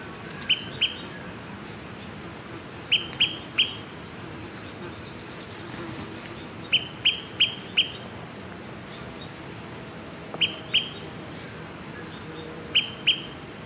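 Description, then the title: Smoke-colored pewee calling in bursts of two to four crisp, high pips, the bursts spaced a few seconds apart, against faint background hiss. Subspecies zarumae. "LuckyPassaro Completos2Sama. Smoke-colored Pewee (Contopus fumigatus zarumae)"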